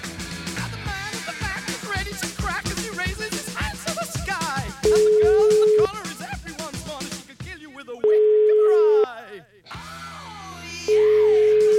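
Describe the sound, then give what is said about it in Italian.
A phone line rings out on an outgoing call to a town mayor in the Canavese area of Italy: three loud, steady single-pitch ringback tones, each about a second long and evenly spaced, sounding over busy background music. “Ragazzi, prima di chiamarlo, datemi un po' il nome”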